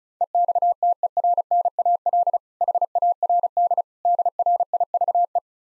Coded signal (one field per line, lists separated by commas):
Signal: Morse code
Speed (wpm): 36 wpm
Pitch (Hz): 700 Hz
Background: none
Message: EXTERNAL HARD DRIVE